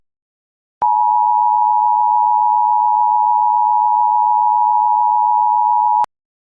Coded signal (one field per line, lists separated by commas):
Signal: Emergency Alert System (SAME) tones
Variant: 853 and 960 Hz attention tone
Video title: EAS Scenario - The Cube Pt. 1